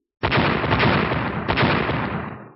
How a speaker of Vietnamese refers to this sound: Hàng loạt những tiếng nổ liên tiếp vang lên, nghiền nát đầu lẫn thân thể của mẫu thú.